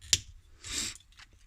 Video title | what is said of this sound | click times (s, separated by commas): Transformers Golden Lagoon - Beachcomber, Perceptor & Seaspray Review | is fists out like so then I'll just click into place just | 0.1 s